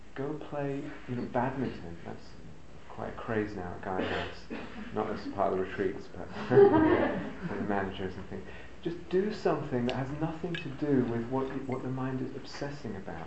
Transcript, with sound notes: Go play, you know, badminton. That's quite a craze now at Gaia House -- not as part of the retreats, but... [laughter] the managers and things. Just do something that has nothing to do with what the mind is obsessing about.